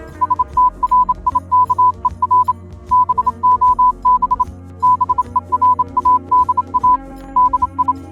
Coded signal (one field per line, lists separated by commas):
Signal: Morse code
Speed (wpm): 27 wpm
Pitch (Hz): 1000 Hz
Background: music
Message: STRIKER BOB BERADA DI